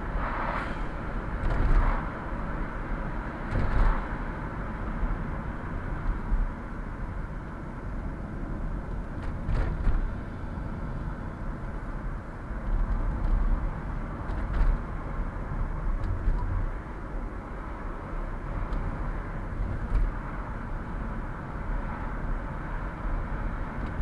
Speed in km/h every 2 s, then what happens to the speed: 50, 49, 45, 37, 30, 29, 35, 39, 40, 39, 43, 44.
3-9 slows to 29. 11-24 speeds up to 44.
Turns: 5-12.